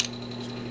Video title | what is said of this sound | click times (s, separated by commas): How to: Disassemble Xbox 360 Controller | should pop into place and then | 0.0 s